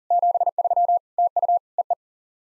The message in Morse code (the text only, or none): 73 TU EE